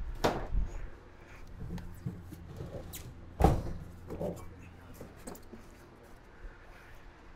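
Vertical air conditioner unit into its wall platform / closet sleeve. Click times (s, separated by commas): 3.4 s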